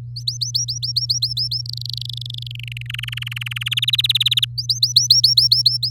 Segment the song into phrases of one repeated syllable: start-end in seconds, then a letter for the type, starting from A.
0.16-1.61 A, 1.65-2.52 B, 2.55-2.87 C, 2.89-3.63 D, 3.66-4.45 E, 4.58-5.90 A